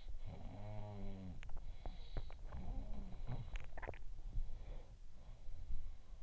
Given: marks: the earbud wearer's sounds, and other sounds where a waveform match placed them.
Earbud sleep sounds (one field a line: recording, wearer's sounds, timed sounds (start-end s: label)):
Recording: sounds in sleep by an in-ear microphone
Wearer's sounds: body movement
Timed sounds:
0.00-6.23 s: body movement